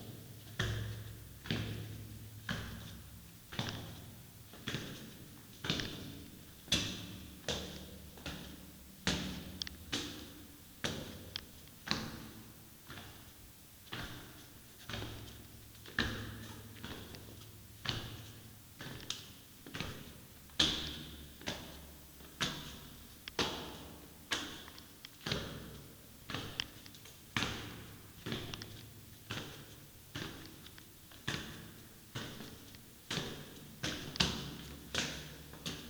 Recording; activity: daily activity, guitar pickup as the sensor; go downstairs